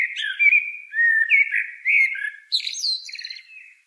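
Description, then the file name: Common blackbird song: low, mellow fluted warbling that breaks into a higher, squeaky twittering flourish near the end. "Turdus merula"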